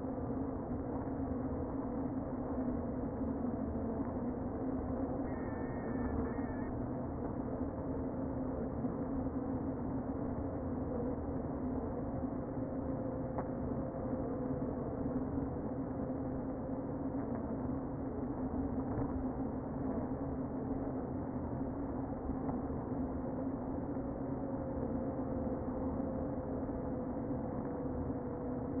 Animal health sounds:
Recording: honeybee colony, microphone inside the hive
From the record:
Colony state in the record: queen present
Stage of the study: before two queens were removed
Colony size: about 60,000 bees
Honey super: yes

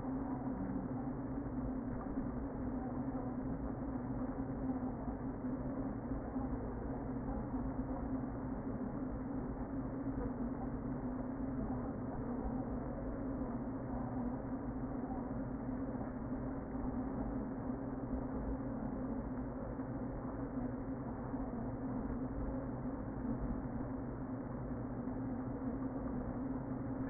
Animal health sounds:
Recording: honeybee colony, microphone inside the hive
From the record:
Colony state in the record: queen present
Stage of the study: before two queens were removed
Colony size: about 60,000 bees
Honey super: yes

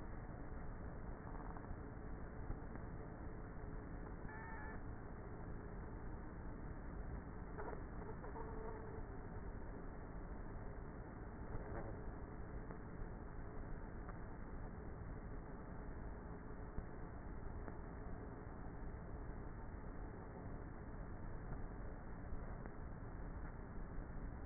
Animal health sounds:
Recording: honeybee colony, microphone inside the hive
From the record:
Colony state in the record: queenless with a low population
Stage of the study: before two queens were removed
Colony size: about 30,000 bees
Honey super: no

